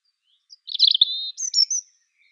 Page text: Птицы-целители - Зарянка (Erithacus rubecula)